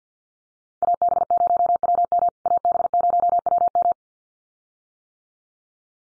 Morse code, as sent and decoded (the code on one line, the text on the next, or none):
.- -... ----- .-- -- / .- -... ----- .-- --
AB0WM AB0WM